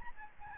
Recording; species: mosquito wingbeat signal from an infrared sensor; Aedes albopictus